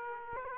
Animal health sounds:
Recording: mosquito wingbeat signal from an infrared sensor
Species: Aedes aegypti

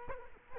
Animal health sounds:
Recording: mosquito wingbeat signal from an infrared sensor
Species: Culex quinquefasciatus

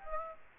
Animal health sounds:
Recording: mosquito wingbeat signal from an infrared sensor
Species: Aedes aegypti

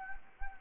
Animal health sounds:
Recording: mosquito wingbeat signal from an infrared sensor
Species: Anopheles arabiensis

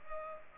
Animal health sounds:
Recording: mosquito wingbeat signal from an infrared sensor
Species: Culex pipiens

